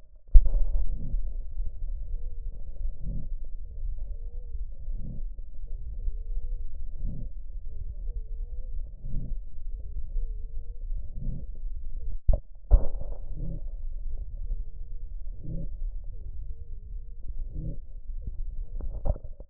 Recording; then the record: lung sounds by stethoscope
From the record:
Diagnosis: emphysema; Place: left posterior upper chest